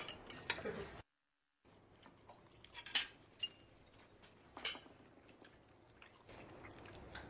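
household object, glasses clinking

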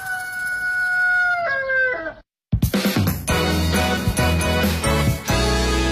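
bird, rooster crowing

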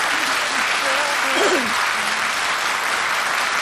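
crowd, audience applause

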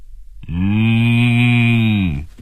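animal, cow mooing

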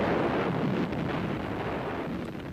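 sound effect, distant explosion

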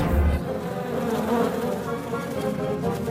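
insect, bees buzzing

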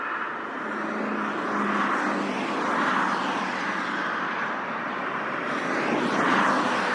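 vehicle, cars driving past

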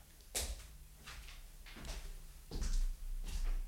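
household object, door opening and closing

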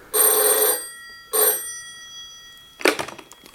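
signal or alarm, telephone bell ringing

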